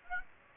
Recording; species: mosquito wingbeat signal from an infrared sensor; Aedes aegypti